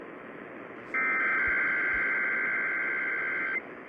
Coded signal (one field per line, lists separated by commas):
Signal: Emergency Alert System (SAME) tones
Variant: header bursts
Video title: EAS Capture #26 - Nevada’s Monthly EAS Test, via KKOH.